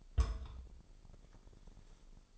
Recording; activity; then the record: daily activity, microphone in the room; place on stove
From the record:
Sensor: 5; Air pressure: 995.5 hPa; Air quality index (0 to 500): 101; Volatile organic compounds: 6 ppm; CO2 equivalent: 1938 ppm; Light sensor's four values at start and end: 34/81/33/35 and 35/84/34/36